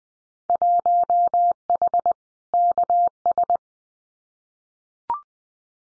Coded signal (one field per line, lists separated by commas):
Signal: Morse code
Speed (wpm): 20 wpm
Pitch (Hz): 700 Hz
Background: none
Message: 1H KS